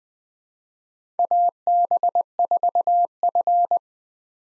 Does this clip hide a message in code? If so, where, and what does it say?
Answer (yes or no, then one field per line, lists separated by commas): yes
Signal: Morse code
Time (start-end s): 1.2-3.8 s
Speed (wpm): 20 wpm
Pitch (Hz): 700 Hz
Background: none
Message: AB4F